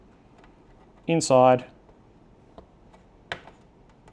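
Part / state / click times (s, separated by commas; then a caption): bottom cover clips of a laptop chassis / released / 2.6 s, 3.3 s. A guitar pick pries around the edge of the plastic bottom cover of a Lenovo Legion laptop, and someone talks briefly near the start. The cover's retaining clips pop open one by one, with a faint click at 2.6 s and a sharp, louder click at 3.3 s as they release.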